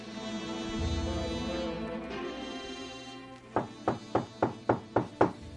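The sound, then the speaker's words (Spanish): A sustained tonal, music-like drone fades out, then seven sharp, evenly spaced knocks rap on a door at dawn in a quick, steady rhythm, each one crisp and fairly loud. “Al amanecer, el sueño lo había vencido cuando escuchó llamar a su puerta.”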